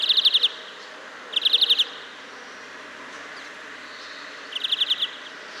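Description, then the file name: European greenfinch uttering quick high-pitched trilled bursts, three in all, the last one softer, against a continuous faint background hiss. "Chloris chloris"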